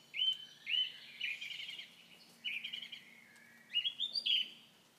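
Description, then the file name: Common nightingale song: rich warbled phrases with rapid rattling notes and clear whistles, separated by short gaps. "Nachtegaal"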